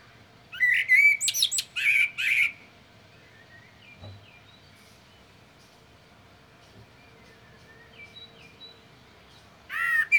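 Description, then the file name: Common blackbird song: a mellow whistled phrase mixed with thin high notes, followed by a long quiet pause, then another phrase begins at the end. "Turdus merula"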